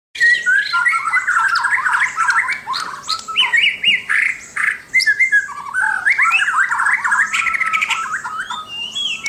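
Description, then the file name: White-rumped shama song: a dense, fast run of chattering, squawky notes and short whistled slurs, mostly mid-pitched, with few pauses throughout. "suara murai batu mahkota"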